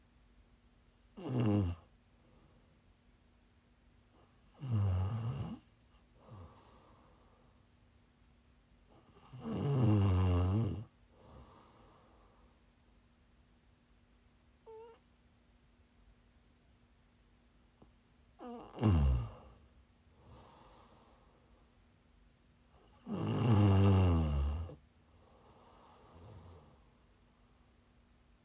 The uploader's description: ASMR snoring